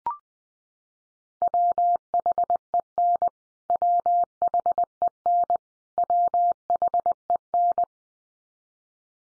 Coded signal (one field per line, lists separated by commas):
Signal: Morse code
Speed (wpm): 20 wpm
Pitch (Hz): 700 Hz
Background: none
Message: WHEN WHEN WHEN